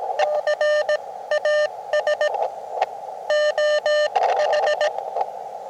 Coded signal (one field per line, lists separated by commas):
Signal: Morse code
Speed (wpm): 17 wpm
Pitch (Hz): 600 Hz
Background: radio noise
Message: CAS OH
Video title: Elecraft KX2 Packtenna | Tree Throw Line | QRP Portable ON THE ROAD